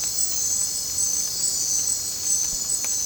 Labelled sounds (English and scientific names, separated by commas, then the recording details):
none
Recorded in dense forest near Puerto Asís, Putumayo, Colombia, on 22 December 2024 at 21:00
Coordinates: 0.466, -76.327
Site G075